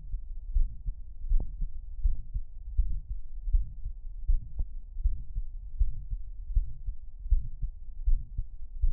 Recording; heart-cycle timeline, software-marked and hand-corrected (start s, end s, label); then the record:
heart sounds
0.00	0.13	systole
0.13	0.21	S2
0.21	0.53	diastole
0.53	0.69	S1
0.69	0.87	systole
0.87	0.95	S2
0.95	1.29	diastole
1.29	1.45	S1
1.45	1.61	systole
1.61	1.69	S2
1.69	2.03	diastole
2.03	2.15	S1
2.15	2.33	systole
2.33	2.43	S2
2.43	2.77	diastole
2.77	2.91	S1
2.91	3.11	systole
3.11	3.19	S2
3.19	3.49	diastole
3.49	3.65	S1
3.65	3.85	systole
3.85	3.93	S2
3.93	4.27	diastole
4.27	4.41	S1
4.41	4.57	systole
4.57	4.67	S2
4.67	5.01	diastole
5.01	5.15	S1
5.15	5.35	systole
5.35	5.45	S2
5.45	5.79	diastole
5.79	5.93	S1
5.93	6.13	systole
6.13	6.21	S2
6.21	6.51	diastole
6.51	6.65	S1
6.65	6.85	systole
6.85	6.93	S2
6.93	7.27	diastole
7.27	7.43	S1
7.43	7.61	systole
7.61	7.71	S2
7.71	8.05	diastole
8.05	8.19	S1
8.19	8.37	systole
8.37	8.45	S2
8.45	8.81	diastole
8.81	8.93	S1
From the record:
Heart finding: mitral regurgitation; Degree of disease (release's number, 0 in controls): 2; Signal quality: good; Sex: male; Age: 79 years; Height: 1.75 m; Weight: 80 kg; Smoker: yes